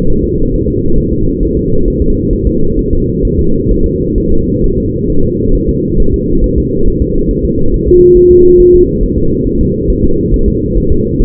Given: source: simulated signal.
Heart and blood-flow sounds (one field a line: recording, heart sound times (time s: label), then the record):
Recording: fetal heart sounds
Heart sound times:
0.10 s: S1
0.24 s: S2
0.54 s: S1
0.68 s: S2
0.98 s: S1
1.13 s: S2
1.43 s: S1
1.57 s: S2
1.88 s: S1
2.02 s: S2
2.33 s: S1
2.47 s: S2
2.79 s: S1
2.93 s: S2
3.25 s: S1
3.39 s: S2
3.72 s: S1
3.86 s: S2
4.18 s: S1
4.32 s: S2
4.64 s: S1
4.78 s: S2
5.10 s: S1
5.24 s: S2
5.55 s: S1
5.69 s: S2
6.00 s: S1
6.14 s: S2
6.44 s: S1
6.58 s: S2
6.88 s: S1
7.02 s: S2
7.31 s: S1
7.45 s: S2
7.74 s: S1
7.88 s: S2
8.17 s: S1
8.31 s: S2
8.60 s: S1
8.75 s: S2
9.03 s: S1
9.18 s: S2
9.47 s: S1
9.61 s: S2
9.90 s: S1
10.04 s: S2
10.34 s: S1
10.48 s: S2
10.77 s: S1
10.92 s: S2
11.22 s: S1
From the record:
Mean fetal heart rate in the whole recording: 135 bpm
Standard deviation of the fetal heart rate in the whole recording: 3 bpm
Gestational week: 36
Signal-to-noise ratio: -17.7 dB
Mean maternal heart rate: 72 bpm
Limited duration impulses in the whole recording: present